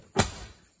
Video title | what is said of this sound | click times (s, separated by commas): SEA-DOO GTX 4-TEC running rough - DIY spark plug change | the back will click in place | 0.2 s